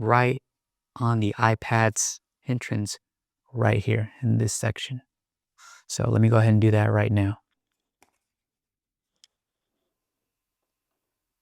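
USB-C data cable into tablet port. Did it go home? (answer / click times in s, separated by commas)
yes / 9.2 s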